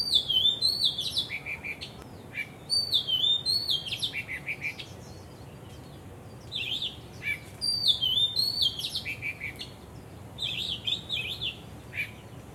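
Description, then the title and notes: Bird song in several vigorous phrases of high swooping whistles and quick chattering notes, with short pauses between, over low background hiss. Birds singing vigorously at Wu Kai Sha, Hong Kong, on 15 December 2006; recorded with AKG condenser microphones in XY stereo. "香港 烏溪沙 雀鳥勁唱歌 Date: 15 December 2006"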